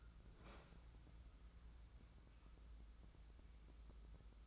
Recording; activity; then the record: daily activity, microphone in the room; open fridge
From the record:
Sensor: 3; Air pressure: 994.4 hPa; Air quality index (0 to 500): 208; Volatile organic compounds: 1000 ppm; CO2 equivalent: 6951 ppm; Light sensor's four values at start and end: 207/501/212/213 and 207/499/211/212